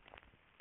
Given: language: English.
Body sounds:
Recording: throat vibration sensor signal played as sound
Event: swallow

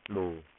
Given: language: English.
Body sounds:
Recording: throat vibration sensor signal played as sound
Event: speech

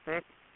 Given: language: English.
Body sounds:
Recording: throat vibration sensor signal played as sound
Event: speech

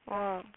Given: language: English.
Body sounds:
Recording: throat vibration sensor signal played as sound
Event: speech

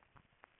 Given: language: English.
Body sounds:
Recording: throat vibration sensor signal played as sound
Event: swallow

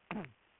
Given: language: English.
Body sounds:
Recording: throat vibration sensor signal played as sound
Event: throat clearing

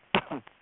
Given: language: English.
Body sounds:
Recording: throat vibration sensor signal played as sound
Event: cough

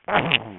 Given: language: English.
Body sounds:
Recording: throat vibration sensor signal played as sound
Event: throat clearing

